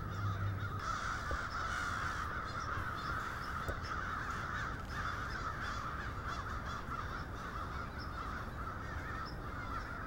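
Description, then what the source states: Crows cawing in a dense, overlapping chorus, harsh calls running together without pause over a steady low rumble. Several crows.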